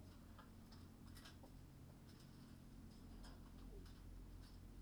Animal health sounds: poultry house recording; healthy chickens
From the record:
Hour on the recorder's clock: 19

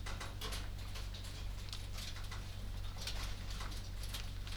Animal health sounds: poultry house recording; no chicken sound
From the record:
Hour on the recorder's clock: 21

